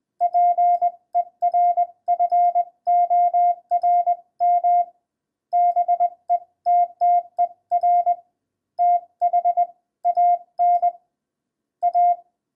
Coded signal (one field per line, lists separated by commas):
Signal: Morse code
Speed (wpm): 21 wpm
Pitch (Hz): 700 Hz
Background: none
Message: PERFORM BETTER THAN A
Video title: CH-5030 Single-Lever Portable Morse Code Paddle